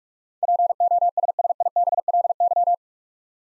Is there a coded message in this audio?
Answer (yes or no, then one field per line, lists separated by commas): yes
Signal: Morse code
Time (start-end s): 0.4-2.7 s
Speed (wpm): 44 wpm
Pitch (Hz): 700 Hz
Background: none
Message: POSSIBLY